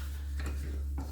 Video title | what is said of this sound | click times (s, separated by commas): 1607 Rosemonte Drive - Virtual Tour | And it snaps in place. | 0.4 s